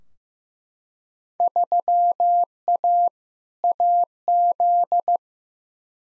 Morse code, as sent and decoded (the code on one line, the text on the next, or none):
...-- .- / .- --..
3A AZ